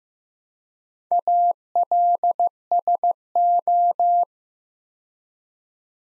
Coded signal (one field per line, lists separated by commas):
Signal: Morse code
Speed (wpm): 15 wpm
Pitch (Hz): 700 Hz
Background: none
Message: ALSO